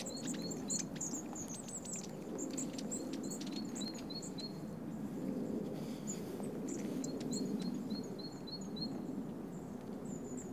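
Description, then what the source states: Bird calls: short high notes in quick runs, with scattered sharper chirps above, over a steady low rumble of background noise. Recorded in Oostduinen.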